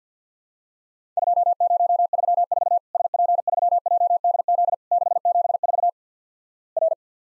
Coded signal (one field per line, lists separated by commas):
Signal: Morse code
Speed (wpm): 50 wpm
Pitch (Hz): 700 Hz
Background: none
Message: 2034 SP3JDZ 674 R